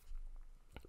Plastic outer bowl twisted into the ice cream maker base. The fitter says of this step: going to see it rise up and you'll hear a click